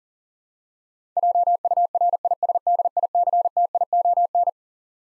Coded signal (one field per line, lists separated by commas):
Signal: Morse code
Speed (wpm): 37 wpm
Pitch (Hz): 700 Hz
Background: none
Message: JURISDICTION